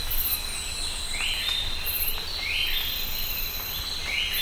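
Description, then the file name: Bird giving rising, slurred calls three times over a continuous high whine and insect-like background hiss. "SABIOD 50 bird 2015"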